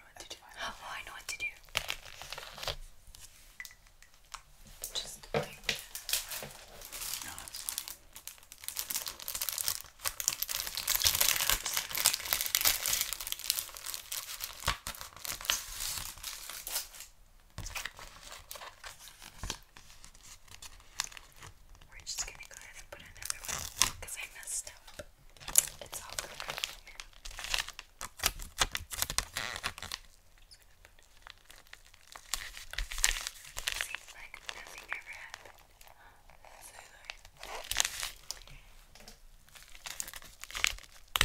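Gift wrapping with intense paper crinkling, dense bright rustles that swell strongest around ten to sixteen seconds and again near twenty-five and thirty-five. Sharp tearing and snipping bursts punctuate the steady crumpling, with brief quieter pauses between handling, and a few faint voice-like murmurs.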